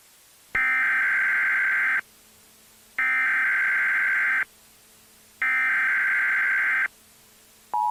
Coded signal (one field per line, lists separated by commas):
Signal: Emergency Alert System (SAME) tones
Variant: header bursts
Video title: Eas Scenario #2 The Great Florida Algae Bloom (Part 1)